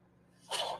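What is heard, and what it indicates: After a near-silent start with a faint low electrical hum, a brief breathy whoosh of air lasts about a third of a second, then fades. It is the airflow hiss of a person's own mechanical ventilator delivering a breath.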